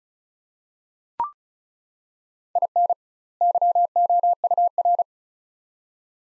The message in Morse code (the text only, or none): IN YOUR